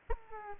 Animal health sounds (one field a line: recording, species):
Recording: mosquito wingbeat signal from an infrared sensor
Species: Aedes aegypti